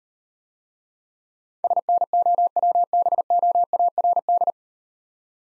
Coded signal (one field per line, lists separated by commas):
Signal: Morse code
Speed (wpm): 38 wpm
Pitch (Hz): 700 Hz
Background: none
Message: SNOWBOARD